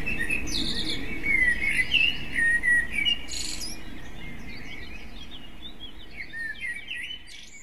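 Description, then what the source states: Common blackbird singing whistled phrases with high squeaky notes in the first few seconds, then softer twitters as the sound fades. Recorded with an MZ-N 710 device.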